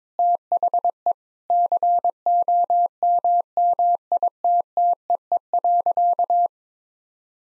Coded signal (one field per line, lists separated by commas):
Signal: Morse code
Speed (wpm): 21 wpm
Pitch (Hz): 700 Hz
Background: none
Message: THE COMMITTEE.